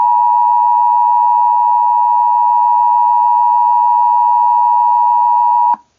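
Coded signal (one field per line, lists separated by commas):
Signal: Emergency Alert System (SAME) tones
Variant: 853 and 960 Hz attention tone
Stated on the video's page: Simulated EAS scenario.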